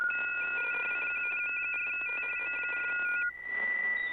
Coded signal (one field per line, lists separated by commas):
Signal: RTTY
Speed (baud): 45.45 baud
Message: CQ M4T M4T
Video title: RSGB AFS Datamode Contest 2023